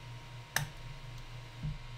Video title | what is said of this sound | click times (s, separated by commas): Sain Smart Ender 3 Pro Unboxing and Build + Build Tips | just stick it in there and you push it with your fingernail till you hear a click and if you don't hear a click you didn't do it right it | 0.6 s